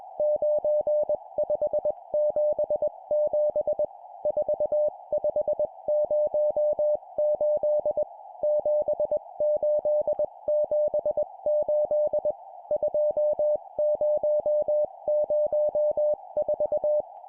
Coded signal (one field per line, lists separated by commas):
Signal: Morse code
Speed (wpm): 21 wpm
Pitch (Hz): 600 Hz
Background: music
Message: 9577 4508 7878 2004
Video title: 20wpm Four letter words number,number,number,number, CW morse code